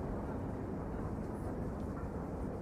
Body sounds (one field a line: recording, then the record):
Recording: background sound without coughing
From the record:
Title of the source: Train Ride Ambience ambient white noise for sleeping, focus, studying, reading